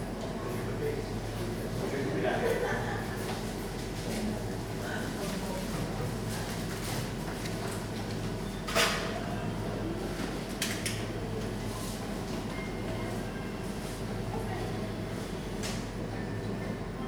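Inside a coffee shop in the evening, a steady low rumble fills the room, with indistinct voices murmuring throughout. Brief clicks and clatters of cups or cutlery break through now and then, the sharpest near the middle, while a soft hiss continues underneath.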